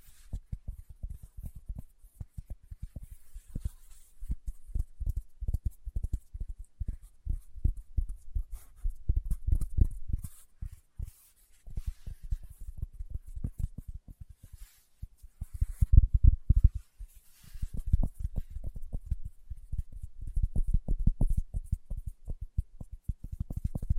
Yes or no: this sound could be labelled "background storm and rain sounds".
no